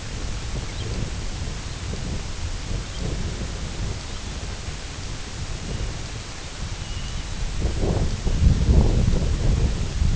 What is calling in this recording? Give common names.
American Golden-plover